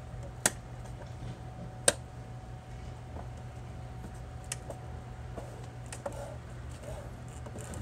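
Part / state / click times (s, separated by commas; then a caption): plastic inner frame clips of a window shade going into the outer frame on an RV door / seated / 0.5 s, 1.9 s, 4.5 s. The plastic clips on the inner frame of a Zarcor CloZures window shade snap into the outer frame on an Oliver Trailer RV door as the frame is gently pushed along. Sharp clicks at 0.5 s, 1.9 s and 4.5 s mark clips seating, over a steady low hum with a few fainter ticks. Pushing continues until no more clicks are heard.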